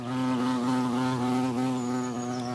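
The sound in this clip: Bumblebee buzz: a steady low drone rich in harmonics, wavering slightly in pitch throughout.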